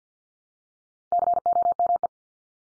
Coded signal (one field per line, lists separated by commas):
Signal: Morse code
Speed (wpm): 50 wpm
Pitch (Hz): 700 Hz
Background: none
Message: COME